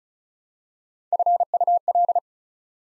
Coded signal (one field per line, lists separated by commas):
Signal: Morse code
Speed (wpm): 36 wpm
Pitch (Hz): 700 Hz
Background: none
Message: FUL